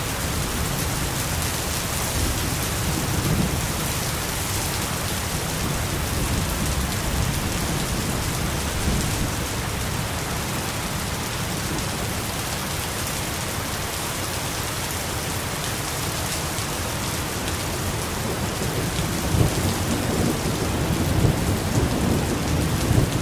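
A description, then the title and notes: A thunderstorm with steady, dense rain hissing across the whole range, constant from start to finish. Low rumbling swells underneath, strongest around three to four seconds in and again near the end, with a few sharper drop hits after nineteen seconds. The distant sound of thunder creates a soothing and relaxing atmosphere. The sound of raindrops and the rumble of thunder.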